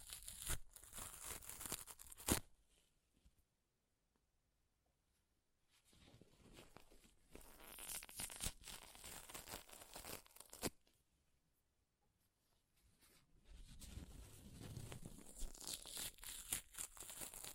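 Paper is ripped and torn in several bursts, bright crackling rips with sharp snaps, the loudest near two seconds and another around ten and a half. Between bursts come near-silent pauses, around three to six and eleven to thirteen seconds, before a final longer stretch of tearing.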